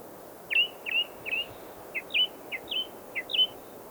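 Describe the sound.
Redwing giving a run of about nine short, clear whistled notes, spaced roughly every third of a second, against low background noise.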